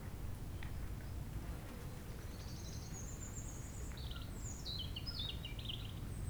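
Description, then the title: European robin song: a thin, high drawn-out whistle sliding upward, then a cascade of quick descending twittering notes, over a low wind rumble. Chindrieux, France; sunny sloping lawn at Châtillon beach, sheltered from the north wind; robin singing not far away; wind murmuring in the trees. "Chem. des Rubellines, Chindrieux, France - rouge gorge"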